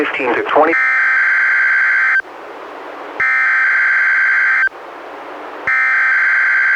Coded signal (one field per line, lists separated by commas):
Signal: Emergency Alert System (SAME) tones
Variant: header bursts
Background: speech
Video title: EAS #142-145: 4 NWR Required Weekly Tests- Oct. 26-Nov. 16, 2016